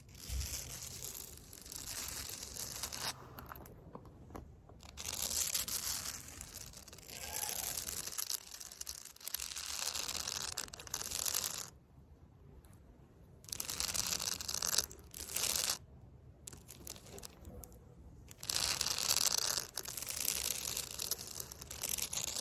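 Fake nails scratch across concrete in rough, gritty bursts, loud hissy strokes broken by short silent pauses around 4, 12 and 16 seconds.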